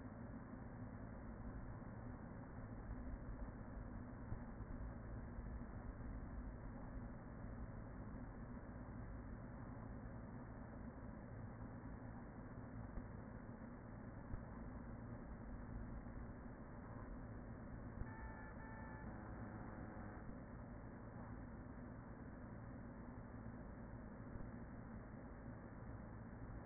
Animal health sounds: honeybee colony, microphone inside the hive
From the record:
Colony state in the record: queen present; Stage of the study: after two queens were removed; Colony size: about 40,000 bees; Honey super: no

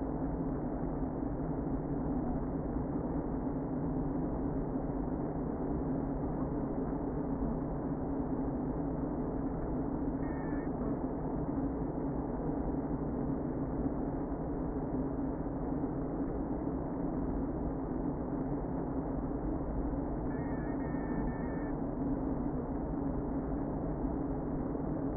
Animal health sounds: honeybee colony, microphone inside the hive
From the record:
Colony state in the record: queen present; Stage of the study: before two queens were removed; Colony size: about 60,000 bees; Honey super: yes

